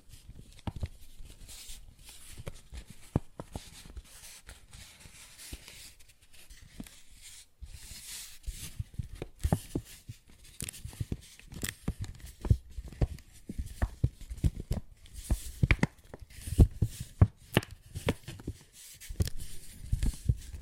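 Tapping and scratching on a paper bag, with frequent short, dull taps scattered irregularly across the whole stretch, busier and louder in the second half. Between the taps, a soft papery rustle and scratching hiss comes and goes, fading briefly around seven seconds.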